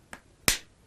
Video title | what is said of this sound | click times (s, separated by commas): How To Change An Arai J-Type Side Pod | pinch the helmet together and just run your finger along it and you should hear a second click | 0.5 s